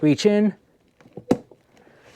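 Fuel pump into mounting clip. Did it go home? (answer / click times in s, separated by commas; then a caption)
yes / 1.3 s. Someone talks briefly, then a diesel heater fuel pump is pushed into its plastic retaining clip on the mounting bracket. A few soft taps lead up to one short, sharp click at 1.3 s, followed by a couple of quieter knocks. The pump is seated in the clip.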